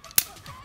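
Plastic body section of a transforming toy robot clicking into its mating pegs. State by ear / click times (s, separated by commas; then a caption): seated / 0.2 s. A plastic body section of a transforming toy robot figure is rolled down during transformation so it clicks onto its mating pegs. A sharp, loud click lands at 0.2 s against faint handling noise. The part seats cleanly and feels good.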